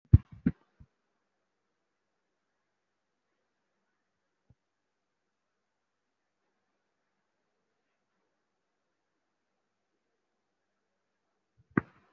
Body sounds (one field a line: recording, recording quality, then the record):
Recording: shallow breathing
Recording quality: poor, much background noise or distortion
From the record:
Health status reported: recovered from COVID-19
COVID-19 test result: positive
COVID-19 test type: RT-PCR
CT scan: taken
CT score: 3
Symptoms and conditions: cough, cold, breathing difficulty, chronic lung disease, pneumonia, hypertension, diabetes, another condition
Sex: female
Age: 63 years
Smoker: no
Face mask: worn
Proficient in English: yes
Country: India